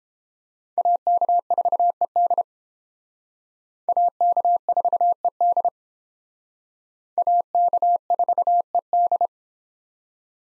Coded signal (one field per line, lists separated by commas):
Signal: Morse code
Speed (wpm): 30 wpm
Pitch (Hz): 700 Hz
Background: none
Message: AK4ED AK4ED AK4ED